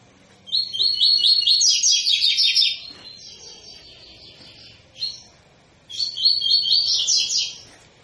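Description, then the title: Double-collared seedeater singing a long rapid phrase of repeated high notes, a softer buzzy stretch, a chirp, then another rapid phrase. Tui-tui song style of a spirited ('fibra') bird, a teacher song used for training young birds. "COLEIRO TUI TUI FIBRA CANTO PROFESSOR"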